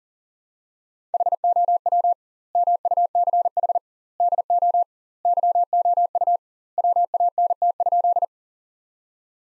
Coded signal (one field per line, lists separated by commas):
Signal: Morse code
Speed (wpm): 37 wpm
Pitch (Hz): 700 Hz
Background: none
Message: HOW MUCH DO YOU WANT?